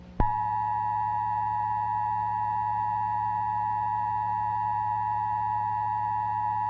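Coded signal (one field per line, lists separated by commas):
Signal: Emergency Alert System (SAME) tones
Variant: 853 and 960 Hz attention tone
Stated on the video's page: Fictional Emergency Alert System scenario about the Black Mesa Incident, made to look like a VHS tape.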